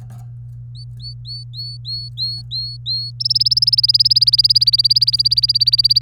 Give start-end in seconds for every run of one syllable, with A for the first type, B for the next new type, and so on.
0.75-3.10 A, 3.20-6.02 B